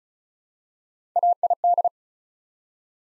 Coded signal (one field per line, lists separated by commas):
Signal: Morse code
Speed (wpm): 36 wpm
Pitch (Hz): 700 Hz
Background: none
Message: AID